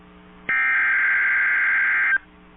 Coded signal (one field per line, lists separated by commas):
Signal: Emergency Alert System (SAME) tones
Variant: header bursts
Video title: SVA Including Champaign IL EAS #129